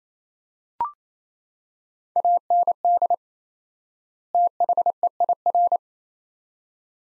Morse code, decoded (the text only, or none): AND THEIR